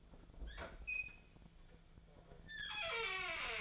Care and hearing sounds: daily activity, microphone in the room; open fridge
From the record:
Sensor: 5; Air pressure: 1009.7 hPa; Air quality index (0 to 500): 163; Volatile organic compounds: 4 ppm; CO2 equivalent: 1584 ppm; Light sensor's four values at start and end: 103/268/111/117 and 104/269/111/118

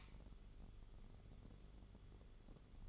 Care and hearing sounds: daily activity, microphone in the room; light on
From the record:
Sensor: 4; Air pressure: 1008.6 hPa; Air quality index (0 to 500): 92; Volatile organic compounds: 1 ppm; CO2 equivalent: 692 ppm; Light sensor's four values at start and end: 13/28/11/11 and 13/31/12/12

